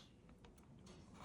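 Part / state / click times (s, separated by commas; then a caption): drill bit holder into hinge jig body / seated / 0.4 s. The bit holder that carries the Forstner bit on a budget concealed-hinge drilling jig with a vacuum feature is twisted into its mount in the jig body until it locks, so nothing lifts out mid-cut. A single faint click at 0.5 s marks it seating, over a low, steady background. The holder is locked in place.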